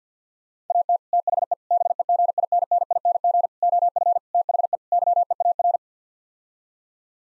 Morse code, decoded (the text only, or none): AT THE BEGINNING OF THE YEAR